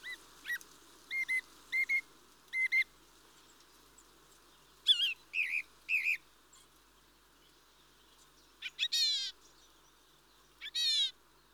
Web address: The BBC Sound Effects Library. Mistle Thrush (Turdus Viscivorus)